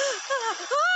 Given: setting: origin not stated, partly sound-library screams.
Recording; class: one-second piece from a danger detection set; woman in danger